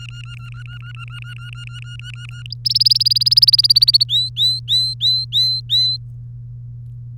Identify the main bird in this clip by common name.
Domestic Canary